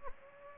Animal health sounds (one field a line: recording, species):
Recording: mosquito wingbeat signal from an infrared sensor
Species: Anopheles gambiae